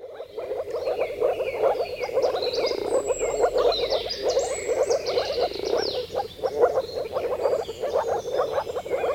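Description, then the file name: Moor frogs calling together in a steady bubbling chorus of short low croaks, unbroken throughout, with thin high whistles drifting over the top. "konnad rabakonn"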